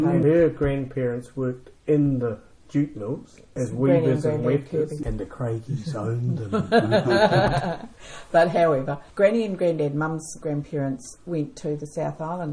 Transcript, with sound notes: Her grandparents worked in the jute mills as weavers and wefters, and the Craigies owned them. [Chuckles] But however, Granny and Granddad, Mum’s grandparents, went to the South Island.